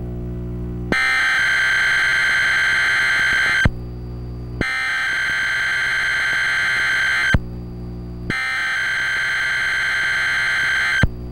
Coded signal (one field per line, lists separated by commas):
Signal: Emergency Alert System (SAME) tones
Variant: header bursts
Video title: EAS Emergency Alert System RMT Required Monthly Test for Kansas City Metro Area, March 25, 2002